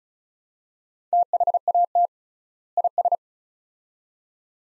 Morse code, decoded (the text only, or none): THAT IS